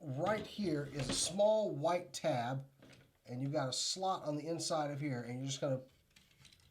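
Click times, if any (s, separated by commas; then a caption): 6.2 s. Someone talks while transforming a plastic robot toy, bringing a small white tab on the arm together with a slot on the inside of the arm piece. A small, quiet click is heard at 6.2 s, followed by a few faint ticks, as the tab seats in its slot.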